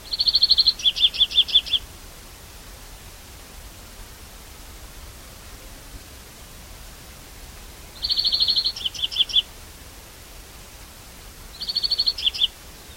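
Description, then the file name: European greenfinch giving bursts of rapid twittering trills, a buzzy run then clipped notes, repeated in three bouts throughout against quiet background hiss. "Chloris chloris"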